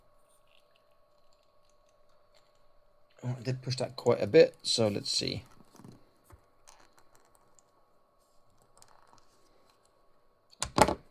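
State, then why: Not seated. A Joytoy Corvus Belli Infinity Yu Jing 1:18 scale plastic action figure is pushed firmly into its plastic pod holder and tested, but it does not lock and keeps popping back out. Someone talks in the middle, a few faint ticks follow, and a short, loud burst of sharp clatter comes near 10.6–10.9 s. Nothing has seated or clicked yet.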